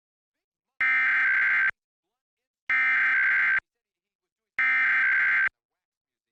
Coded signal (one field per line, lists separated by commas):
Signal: Emergency Alert System (SAME) tones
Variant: header bursts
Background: speech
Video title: August 2021 Oklahoma Required Monthly Test (Subchannel Showcase Part 4) | 8/3/21 | EAS 410-417